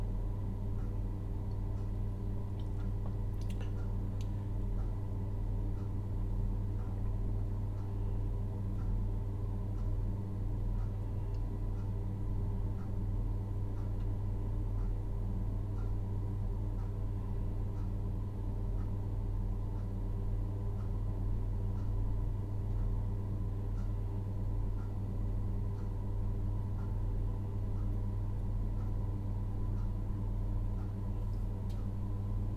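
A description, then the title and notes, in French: A boiler purrs with a steady low hum and faint whine, while small clicks tick at a regular pace throughout, plus an occasional sharper tap. Ma chaudière ronronne, cliquète.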